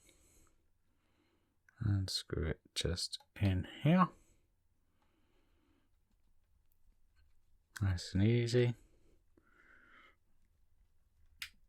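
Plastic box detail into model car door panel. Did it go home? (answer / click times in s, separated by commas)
yes / 11.4 s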